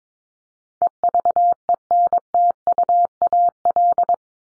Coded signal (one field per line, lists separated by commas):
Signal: Morse code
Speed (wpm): 22 wpm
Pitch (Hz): 700 Hz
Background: none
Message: EVENTUAL